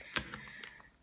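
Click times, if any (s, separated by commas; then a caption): 0.2 s. The plastic flip-top clasp on a pack of wet wipes is pressed shut, giving a sharp snap at 0.2 s, followed by two quieter ticks at about 0.3 s and 0.6 s. The lid clicks home and the pack is tightly closed so the wipes keep their moisture.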